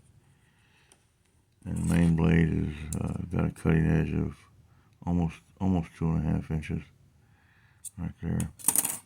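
Someone talks while handling the folding 420HC main blade, with a cutting edge of almost two and a half inches, on a plier-based Leatherman Rebar multitool, with a few small handling ticks and a sharp tick near the end. The blade is being opened toward its lock in the handle, but nothing has seated or clicked yet when the clip ends.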